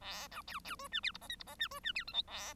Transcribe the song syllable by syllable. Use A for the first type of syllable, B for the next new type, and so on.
A B C C D E F G H I G H E D E F J K A